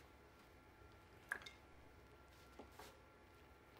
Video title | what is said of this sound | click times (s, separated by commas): Natus Camino 2 In-Service Chapter 11: 1104BT Catheter Placement | black pressure portion attaches here just snaps right in it | 1.3 s